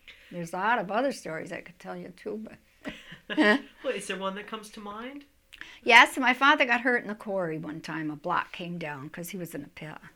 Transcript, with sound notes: There's a lot of other stories I could tell you too, but – (all laugh)
Well is there one that comes to mind?
Yes my father got hurt in the quarry one time, a block came down 'cause he was in the pit.